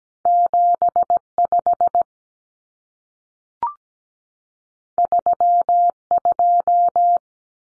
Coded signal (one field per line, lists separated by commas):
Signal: Morse code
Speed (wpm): 17 wpm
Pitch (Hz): 700 Hz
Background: none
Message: 75 32